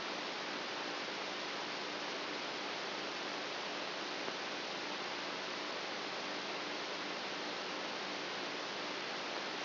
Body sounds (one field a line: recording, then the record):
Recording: brain microelectrode recording played as sound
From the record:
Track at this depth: inside the subthalamic nucleus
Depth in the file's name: 4.84 mm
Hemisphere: right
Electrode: 2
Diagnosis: Parkinson's disease